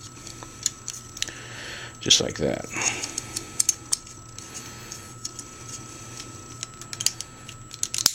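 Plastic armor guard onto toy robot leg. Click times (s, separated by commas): 0.7 s, 1.2 s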